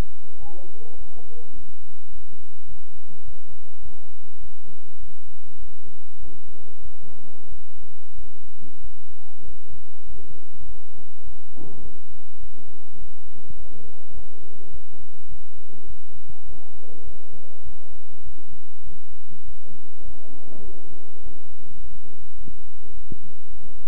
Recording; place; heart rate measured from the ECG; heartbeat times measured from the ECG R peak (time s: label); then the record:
heart sounds by stethoscope; between the tricuspid and mitral areas; 101 bpm
0.39 s: heartbeat
0.98 s: heartbeat
1.55 s: heartbeat
2.12 s: heartbeat
2.68 s: heartbeat
3.25 s: heartbeat
3.82 s: heartbeat
4.40 s: heartbeat
4.99 s: heartbeat
5.59 s: heartbeat
6.19 s: heartbeat
6.82 s: heartbeat
7.48 s: heartbeat
8.15 s: heartbeat
8.81 s: heartbeat
9.44 s: heartbeat
10.06 s: heartbeat
10.66 s: heartbeat
11.24 s: heartbeat
11.82 s: heartbeat
12.40 s: heartbeat
12.98 s: heartbeat
13.57 s: heartbeat
14.14 s: heartbeat
14.71 s: heartbeat
15.29 s: heartbeat
15.87 s: heartbeat
16.46 s: heartbeat
17.04 s: heartbeat
17.63 s: heartbeat
18.23 s: heartbeat
18.83 s: heartbeat
19.45 s: heartbeat
20.05 s: heartbeat
20.64 s: heartbeat
21.23 s: heartbeat
21.81 s: heartbeat
22.38 s: heartbeat
22.94 s: heartbeat
23.50 s: heartbeat
From the record:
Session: bicycle stress test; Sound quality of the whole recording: good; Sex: male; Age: 23 years